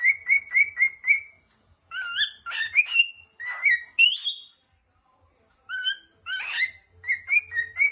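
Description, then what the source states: Cockatiel whistled song: quick runs of bright chirpy whistled notes, some repeated rapidly in series, others rising and warbling, separated by short silent gaps. More than one cockatiel, singing and whistling.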